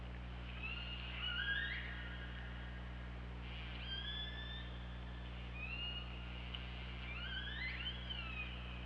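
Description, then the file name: Killer whale calls: several bent and rising harmonic calls in quick succession, over a persistent low hum. Recorded on the OrcaLab hydrophone, 24 August 2017, at 23:30:47. "Orca Lab UTLN JASON 20170824 233047 ORCALABDYNI"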